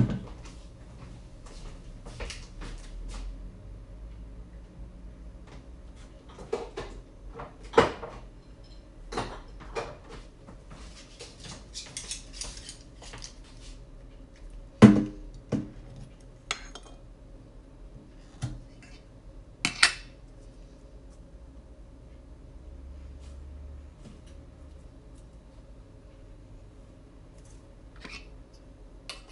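Someone making banana bread, with scattered clinks and knocks of dishes and utensils against a low steady hum. Sharp clatters land irregularly, busiest between about 6 and 20 seconds, with a loud knock near 15 seconds, then things settle into quieter hum.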